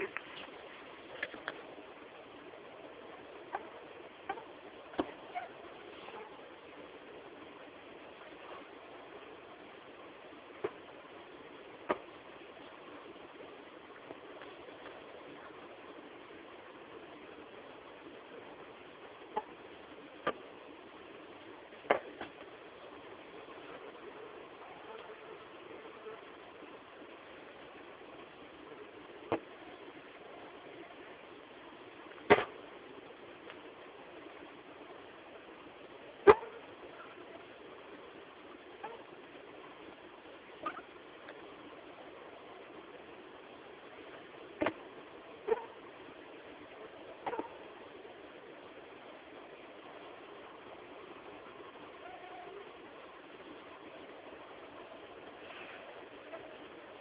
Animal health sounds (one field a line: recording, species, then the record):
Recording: mosquito flight sound by mobile phone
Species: Anopheles farauti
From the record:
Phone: Samsung T209